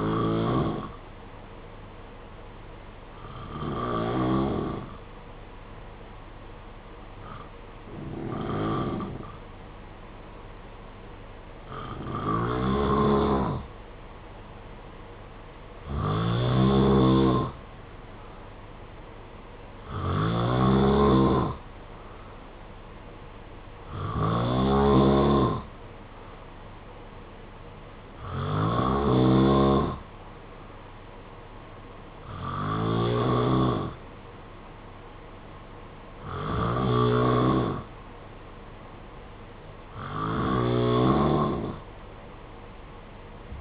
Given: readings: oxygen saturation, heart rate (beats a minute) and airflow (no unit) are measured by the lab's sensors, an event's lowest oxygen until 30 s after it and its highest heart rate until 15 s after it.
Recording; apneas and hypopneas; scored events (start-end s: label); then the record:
breathing in sleep by a voice recorder at the bedside; none
none scored
From the record:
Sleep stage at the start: N2 (light sleep); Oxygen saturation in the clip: 90 to 92%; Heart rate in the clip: 54 to 60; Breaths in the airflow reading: 11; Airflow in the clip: -4.5 to 3.2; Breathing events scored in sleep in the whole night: 476 in 9.7 hours asleep